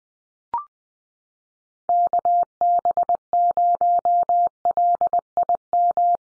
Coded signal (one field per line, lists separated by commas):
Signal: Morse code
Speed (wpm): 20 wpm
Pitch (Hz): 700 Hz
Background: none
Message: KB0LIM